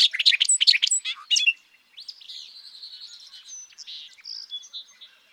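Bobolink song, a short loud burst of tumbling metallic notes, then softer buzzy and whistled calls in the background.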